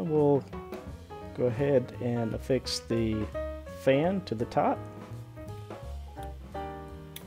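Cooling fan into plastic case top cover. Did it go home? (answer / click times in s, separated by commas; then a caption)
yes / 7.2 s. A small cooling fan is pressed into the plastic top cover of a CanaKit case for a Raspberry Pi 4 4GB, with someone talking over background music. A sharp, short click at 7.2 s marks the fan popping into place, seated in the top cover.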